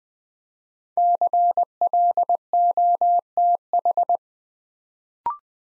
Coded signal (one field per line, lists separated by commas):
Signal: Morse code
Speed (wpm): 20 wpm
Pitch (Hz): 700 Hz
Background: none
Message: CLOTH